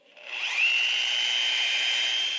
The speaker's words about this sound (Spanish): ¿Sabes qué ruido es ese? ¡Taladro! ¡Mamá está perforando una pared!